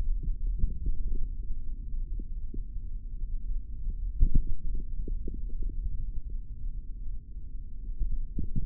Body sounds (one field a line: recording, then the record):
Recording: forearm muscle sounds (acoustic myography)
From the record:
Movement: tripod grip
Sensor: system 3, bracelet of six PUI Audio POM-2738L microphones around the upper forearm, with dedicated amplification and filtering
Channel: 3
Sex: male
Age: 23 years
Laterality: right